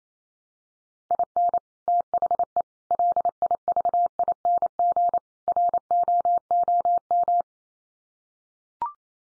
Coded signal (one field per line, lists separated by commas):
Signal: Morse code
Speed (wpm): 28 wpm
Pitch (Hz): 700 Hz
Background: none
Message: IN THE LIVING ROOM